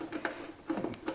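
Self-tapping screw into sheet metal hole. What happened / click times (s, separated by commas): The screw clicked back into its original thread / 0.2 s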